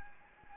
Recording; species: mosquito wingbeat signal from an infrared sensor; Anopheles gambiae